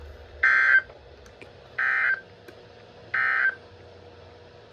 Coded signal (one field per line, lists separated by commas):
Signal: Emergency Alert System (SAME) tones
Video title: The Typical (EAS 536-548)